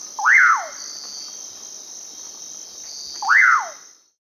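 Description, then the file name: Pauraque giving two whistled calls roughly three seconds apart, each a quick upward sweep followed by a longer falling slur, with continuous high-pitched insect buzzing behind. Amazon region of Peru. "Pauraque (Nyctidromus albicollis), Peru"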